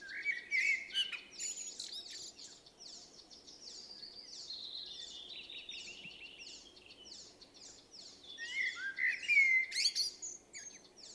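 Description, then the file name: Common blackbird singing low fluted phrases near the start and end, with dense high twittering and squeaky notes throughout between them. "Turdus merula"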